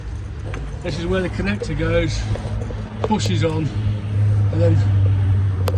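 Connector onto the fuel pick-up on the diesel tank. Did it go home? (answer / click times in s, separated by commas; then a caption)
yes / 5.7 s. Someone talks while pushing a connector onto the fuel pick-up fitting on the diesel tank beneath a motorhome, down against a small lip at the bottom, over a steady low hum. A sharp snap at 5.7 s marks the connector seating into place on the fuel pick-up.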